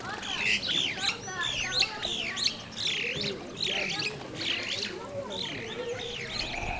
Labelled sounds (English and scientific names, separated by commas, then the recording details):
Superb Starling (Lamprotornis superbus) flight call
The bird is a male
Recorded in Kenya on 8 April 2009 at 08:55
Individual 64, of group MRCV